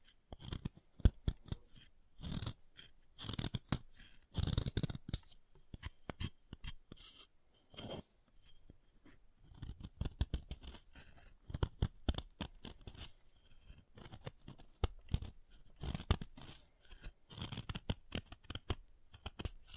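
Chalk being carved and cut, heard as bursts of dry scraping and crunchy clicks that come and go in irregular clusters throughout. Sharp ticks and short gritty rasps stand out, separated by brief near-silent pauses, with no steady sound underneath.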